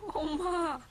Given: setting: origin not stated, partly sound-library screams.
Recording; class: one-second piece from a danger detection set; normal situation